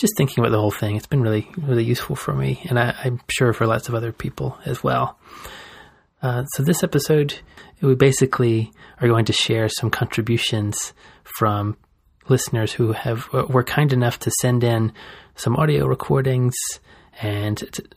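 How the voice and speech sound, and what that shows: Adult male speaker who is able-bodied. Typical speech.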